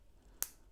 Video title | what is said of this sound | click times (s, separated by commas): Some of the Best Product Unboxings of 2024 | Connect them just like that until it clicks. Really nice. | 0.4 s